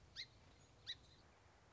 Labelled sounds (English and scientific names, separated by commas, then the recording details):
Song Sparrow (Melospiza melodia)
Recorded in Sonoma County, California